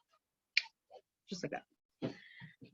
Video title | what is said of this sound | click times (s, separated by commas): Skate Cleaning and Parting Walk Through (Incl. Adjusting Your Trucks) | don't know if you guys heard that snap it popped right back in | 0.6 s